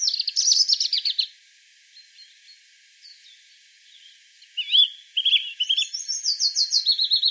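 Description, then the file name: European robin song: a fast trilling burst, a pause with faint notes, then a clear whistled note and more rapid tinkling phrases. "Erithacus rubecula"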